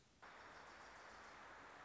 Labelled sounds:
Wilson's Warbler
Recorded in Sonoma County, California

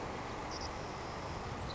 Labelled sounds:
Savannah Sparrow
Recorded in Sonoma County, California

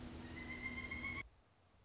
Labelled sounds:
Pileated Woodpecker
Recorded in Sonoma County, California

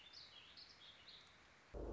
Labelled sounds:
Warbling Vireo
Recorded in Sonoma County, California

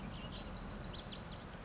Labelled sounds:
Lazuli Bunting
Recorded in Sonoma County, California

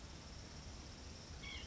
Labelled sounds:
White-breasted Nuthatch
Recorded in Sonoma County, California

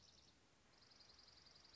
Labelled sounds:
Dark-eyed Junco
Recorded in Sonoma County, California

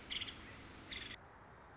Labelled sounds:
Nuttall's Woodpecker
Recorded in Sonoma County, California

